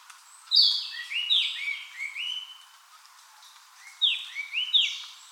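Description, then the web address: Narcissus flycatcher song in two short bursts of bright, sliding whistled notes separated by a brief quiet gap. Recorded on 31 May 2015. "birdenaga kibitaki"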